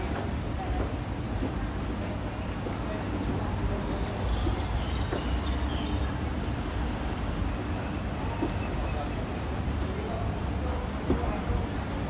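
A walk around Tel Aviv University in Ramat Aviv, with a steady, dense low rumble like passing traffic throughout. Faint voices and brief high chirps drift in above it, and soft knocks or taps turn up every few seconds.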